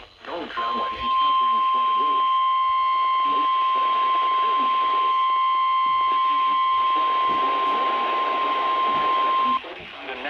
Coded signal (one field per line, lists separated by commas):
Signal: Emergency Alert System (SAME) tones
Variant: 1050 Hz attention tone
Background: speech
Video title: THE EAS OLYMPICS... EAS Alerts from 7/17/21 (EAS #480-542)